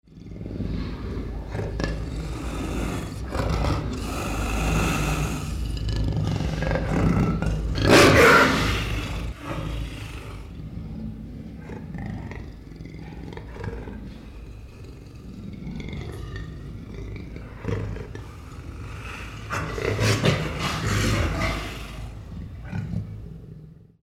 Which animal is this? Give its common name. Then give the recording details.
Jaguar. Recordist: Tembrock, Günter. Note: Knurren und Stoßlaute eines Katers